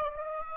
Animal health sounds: mosquito wingbeat signal from an infrared sensor; Aedes aegypti

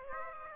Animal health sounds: mosquito wingbeat signal from an infrared sensor; Aedes aegypti

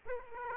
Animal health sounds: mosquito wingbeat signal from an infrared sensor; Aedes aegypti

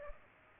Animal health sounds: mosquito wingbeat signal from an infrared sensor; Culex pipiens

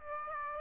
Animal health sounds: mosquito wingbeat signal from an infrared sensor; Aedes aegypti

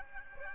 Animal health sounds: mosquito wingbeat signal from an infrared sensor; Aedes aegypti

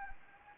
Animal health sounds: mosquito wingbeat signal from an infrared sensor; Anopheles gambiae

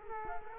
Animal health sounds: mosquito wingbeat signal from an infrared sensor; Culex quinquefasciatus

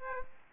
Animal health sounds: mosquito wingbeat signal from an infrared sensor; Aedes aegypti

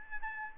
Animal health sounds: mosquito wingbeat signal from an infrared sensor; Aedes albopictus

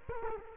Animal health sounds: mosquito wingbeat signal from an infrared sensor; Culex quinquefasciatus

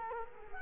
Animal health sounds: mosquito wingbeat signal from an infrared sensor; Culex quinquefasciatus

